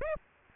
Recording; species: mosquito wingbeat signal from an infrared sensor; Aedes aegypti